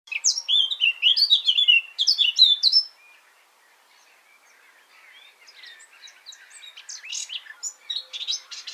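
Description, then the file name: Eurasian blackcap song, a fast scratchy warble of high notes for three seconds, then a quieter run of rapid twittering notes. "Sylvia atricapilla"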